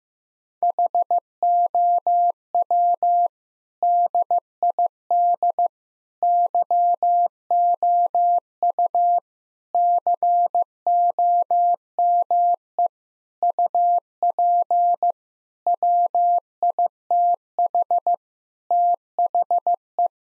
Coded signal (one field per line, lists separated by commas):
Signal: Morse code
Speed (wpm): 16 wpm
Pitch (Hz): 700 Hz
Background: none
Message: HOW DID YOU COME UP WITH THE